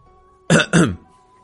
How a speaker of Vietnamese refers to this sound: Miêu Nghị vội ho một tiếng, nữ nhân này mở miệng không chú ý gì cả, hắn cũng phi thường ngượng ngùng thay nàng.